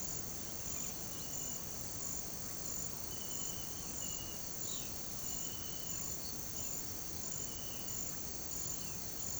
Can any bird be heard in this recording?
no